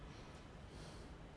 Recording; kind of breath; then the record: one breath in and out by a microphone near the nose and mouth; normal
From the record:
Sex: male